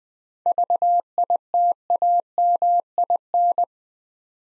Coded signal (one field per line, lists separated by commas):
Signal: Morse code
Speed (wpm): 20 wpm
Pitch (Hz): 700 Hz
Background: none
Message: VITAMIN